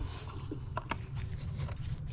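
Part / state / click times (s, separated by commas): harness electrical connector into ignition coil / seated / 0.8 s, 0.9 s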